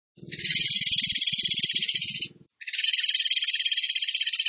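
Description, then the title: Bird song: two long, high, rapidly pulsing buzzy trills, with low thumping sounds beneath the first. Training song (masteran) for teaching songbirds, in the tembakan gacor style. "Masteran Burung Tembakan Gacor"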